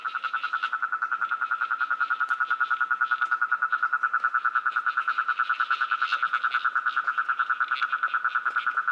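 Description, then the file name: Ornate toad call, a long unbroken trill of fast regular pulses at a constant pitch, with faint clicks in the background. "Rhinella ornata"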